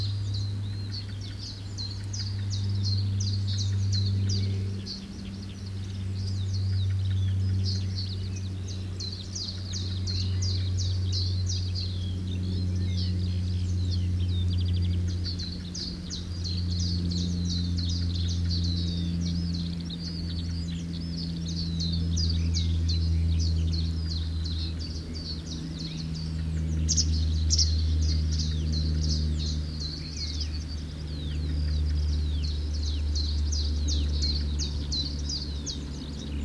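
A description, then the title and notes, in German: Starlings chatter in a busy, continuous mass of high chirps and whistles, pulsing in dense bursts throughout the 36 seconds. Underneath runs a steady low rumble like engine noise, with a droning hum that wavers and shifts slightly over time. Stare in der Lehmgrube Marloffstein (am Morgen; Kopfhörerfassung). Die Stare sind am Morgen noch lauter als am Abend.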